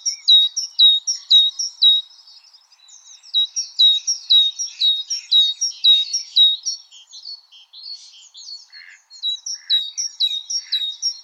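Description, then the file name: Great tit giving ringing two-syllable phrases in steady runs, several series broken by brief gaps, with soft twittering in between. "Parus major"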